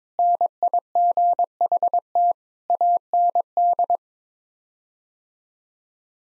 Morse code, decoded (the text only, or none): NIGHT AND